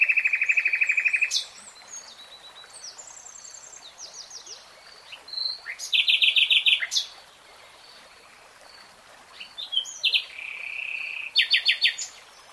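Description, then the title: Nightingale song in separate phrases: a rapid low buzzing trill, high whistles, then loud rattling bursts of repeated notes with quiet gaps between. Nightingale singing in real time. "[Tiếng chim hót] 3 Hours REALTIME Nightingale Singing"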